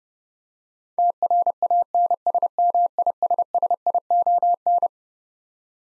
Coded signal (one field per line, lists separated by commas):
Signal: Morse code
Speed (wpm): 30 wpm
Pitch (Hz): 700 Hz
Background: none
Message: TRANSMISSION